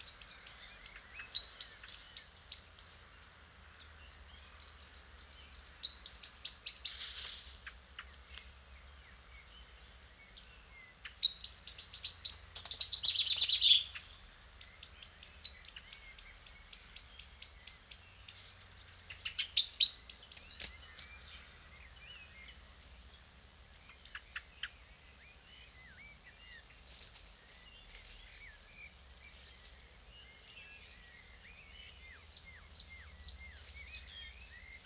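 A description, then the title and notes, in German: An evening in a clay pit: birds call in quick, high chirping series and trills, loudest around 6, 11 to 14 and 20 seconds, then thinning to sparser, softer calls. A low, steady rumble runs underneath throughout. Eine Kunstkopfaufnahme eines Abends in der Lehmgrube. Ein Abend in der Lehmgrube.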